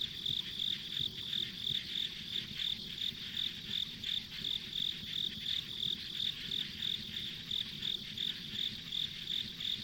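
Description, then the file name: Insect chorus, a high rhythmic chirp pulsing roughly three times per second above an unbroken shrill hiss, soft low background noise throughout. Insects as ambient sound on a country road. "田舎道の虫の環境音"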